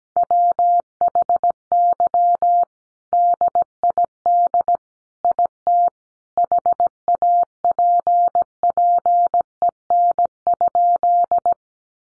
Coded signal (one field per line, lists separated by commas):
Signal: Morse code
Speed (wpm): 17 wpm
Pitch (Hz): 700 Hz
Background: none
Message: WHY DID IT HAPPEN?